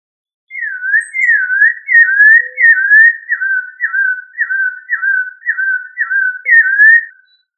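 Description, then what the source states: Thrush sings a clear whistled series of many slurred, falling notes, repeated steadily against a quiet background. Thrush family, Turdidae.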